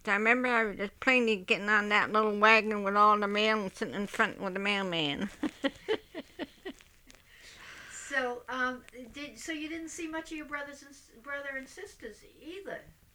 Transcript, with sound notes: I remember having plainly getting on that little wagon with all the mail and sitting in front with the mailman. (she laughs)
So, did, so you didn't see much of your brothers and, brother and sisters, either.